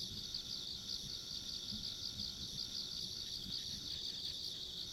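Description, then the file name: Insects keep up a bright, pulsing high trill with a faint thin buzz above it, while soft low rumbles continue beneath. Ambient insect sounds along a rural country road. "田舎道の虫の環境音"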